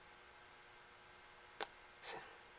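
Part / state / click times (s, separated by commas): charging port cover on a bicycle light / not seated / none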